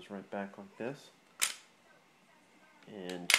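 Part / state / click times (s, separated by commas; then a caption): pistol slide onto pistol frame / not seated / none. Someone talks while the steel slide of a 9mm Glock pistol is slid back along the polymer frame rails during reassembly, with a sharp hit at about 1.4 s. The slide has not locked onto the frame yet, and nothing has seated or clicked.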